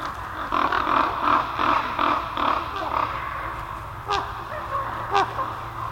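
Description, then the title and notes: Ravens giving harsh, hoarse croaks, many birds calling in quick overlapping bursts, then a few separate louder calls near the end; a low steady hum underneath. Several ravens calling over their roost in a forest. "Ravens Over Their Roost In The Forest by Red Bull Music Academy"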